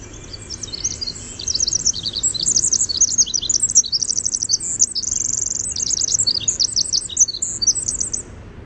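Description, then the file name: Winter wren song: a long, rapid, high-pitched cascade of tinkling trills and twittering notes, loud and continuous over low background hum. "WIWR song"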